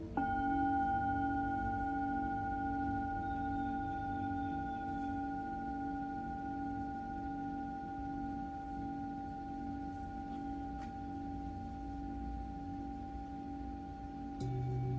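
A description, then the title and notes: A Tibetan singing bowl rings in a long, steady sustain, its pure tones stacked from a low hum up to bright overtones that hold evenly for the whole fifteen seconds. A faint low rumble sits underneath, and a soft tap or shift comes near the end. Tibetan Singiing Bowl のサウンドヒーリングチャンネル LIVE.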